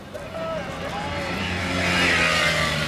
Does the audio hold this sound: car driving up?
yes